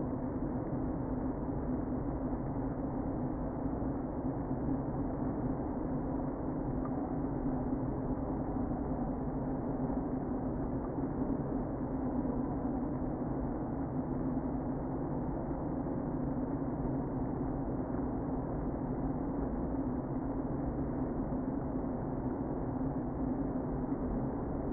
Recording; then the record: honeybee colony, microphone inside the hive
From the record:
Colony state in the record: queen present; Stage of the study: before two queens were removed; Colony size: about 60,000 bees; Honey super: yes